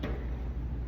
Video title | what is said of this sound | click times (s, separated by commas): Mercedes Sprinter DEF Tank Replacement (2019–2022) - Fixing P202D00 & P20F400 Codes | presses on there and snaps on. Just want to make sure that snaps in place and | 0.0 s